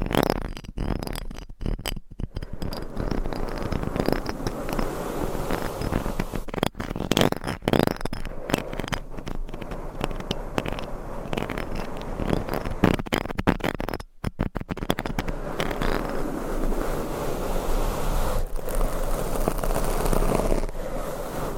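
Scratching and brushing across a microphone make dense, rough rustling throughout, broken by brief dropouts near 2, 7 and 14 seconds.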